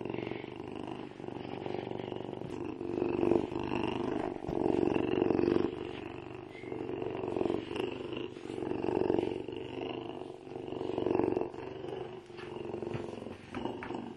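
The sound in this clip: Bobcat purring, a continuous rough rumble that swells and fades in slow waves, pulsing rapidly throughout.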